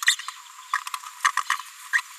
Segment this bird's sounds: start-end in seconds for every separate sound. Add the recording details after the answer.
1.50-1.55, 1.93-2.01. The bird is a female. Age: 30 days. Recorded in a nest box in Venezuela. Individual 17B73B2